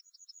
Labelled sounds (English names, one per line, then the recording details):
Yellowhammer song
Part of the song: start
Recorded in the Czech Republic on 15 May 2015
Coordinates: 49.503, 14.603
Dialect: BhBl
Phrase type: B42
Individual 15KT